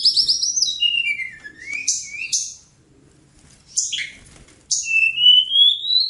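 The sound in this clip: Bird delivering a quick trill into falling slurred notes and harsh bursts, then after a short break a long, slowly rising whistle.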